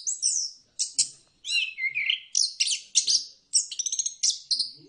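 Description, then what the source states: Bird song of high, squeaky chirps and trills in short phrases separated by brief gaps, with one lower sliding whistle midway. Birdsong intended for mastering, that is training, pet birds.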